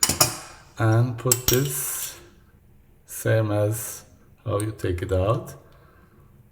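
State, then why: Not seated. A faucet cartridge/retaining part is handled while being put back into a kitchen faucet body during reassembly after a cartridge change, going in the reverse of how it was removed. Sharp metallic clatter opens the clip, and someone talks in between. Nothing has seated or clicked yet; the part is not yet home.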